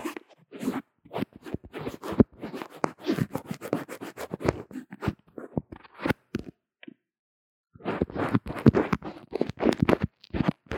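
Quick scratchy strokes of drawing and makeup application, picked up by a lo-fi earphone mic. Dense bursts of short scraping sounds run for about six seconds, thin out, pause almost silent near seven seconds, then resume in a busy flurry until the end.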